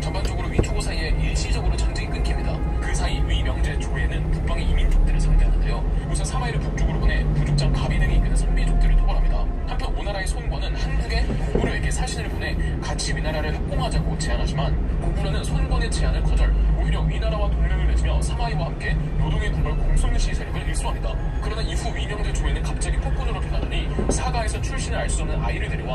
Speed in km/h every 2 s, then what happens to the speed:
10, 11, 16, 16, 11, 9, 12, 15, 18, 18, 16, 13, 13.
0-5 speeds up to 16. 5-9 slows to 9. 9-17 speeds up to 18. 17-26 steady at about 13.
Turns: none.